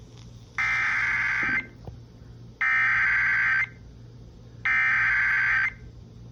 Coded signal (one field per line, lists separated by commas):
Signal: Emergency Alert System (SAME) tones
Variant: header bursts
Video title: FLASH FLOOD WARNING ON FM RADIO (EAS ALERT 191)